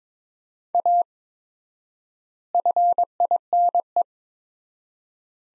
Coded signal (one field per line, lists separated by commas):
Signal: Morse code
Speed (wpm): 22 wpm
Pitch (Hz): 700 Hz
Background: none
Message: A FINE